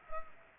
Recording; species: mosquito wingbeat signal from an infrared sensor; Culex pipiens